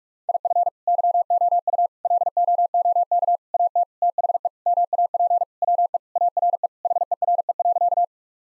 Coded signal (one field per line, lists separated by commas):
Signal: Morse code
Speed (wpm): 46 wpm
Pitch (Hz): 700 Hz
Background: none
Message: IF YOU LOOK AT THE MAP WE ARE HERE.